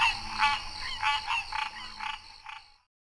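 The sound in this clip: Green treefrog, about seven nasal, honk-like calls in rapid succession that fade out, then silence.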